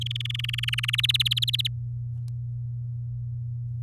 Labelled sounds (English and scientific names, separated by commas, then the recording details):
Domestic Canary (Serinus canaria) song
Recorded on 7 May 2018 at 13:41
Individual llb16